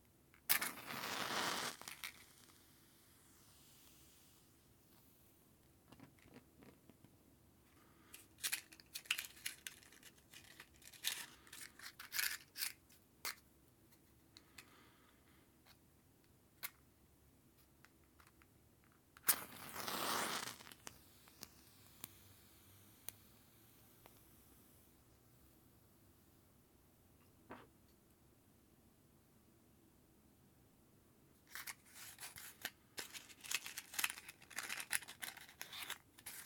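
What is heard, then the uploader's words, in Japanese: Matches are struck one after another, each a sharp, bright scrape, with the loudest flaring hiss near the twentieth second. Between strikes come light ticks and rustles from handling the box, and a busy cluster of scratches closes the clip. マッチを擦る音（Binaural）- The sound of strike a match。一箱のマッチを擦りました。小さな火がつく音がとても良いです。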